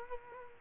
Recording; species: mosquito wingbeat signal from an infrared sensor; Culex quinquefasciatus